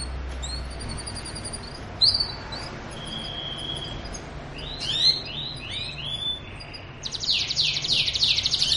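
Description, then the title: Belgian canary song of whistled trills, a held pure tone and rising sweeps, then a fast buzzy rattling trill at the end. Belgian canary song used to warm up or stimulate other canaries to sing; also described as mating canary sound. "Canto Para Esquentar Canário Belga. suara kenari kawin"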